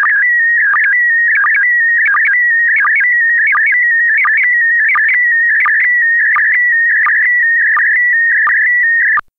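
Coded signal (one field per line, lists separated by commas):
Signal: SSTV (slow-scan television)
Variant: PD90 mode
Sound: warbling whistle tone between mid pitches with a regular short low chirp about every 0.7 s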